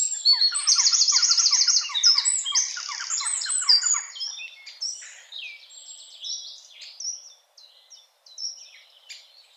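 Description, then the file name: Eurasian wren song with a loud, fast trill early on, then trailing off into quieter, scattered chirps. "Troglodytes troglodytes"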